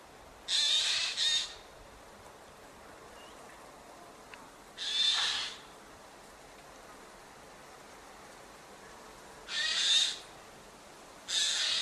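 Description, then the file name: Eurasian jay giving harsh, rasping screeches, some doubled, in four bursts at irregular intervals over a quiet background. "Garrulus glandarius"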